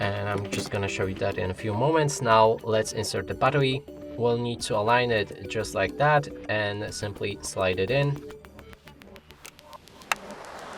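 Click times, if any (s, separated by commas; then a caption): 10.1 s. A rechargeable battery is lined up and slid into the battery compartment of a LeadEdge A20 compact camera while someone talks over background music. A sharp, loud click at 10.1 s shows the battery latching into place, fully seated.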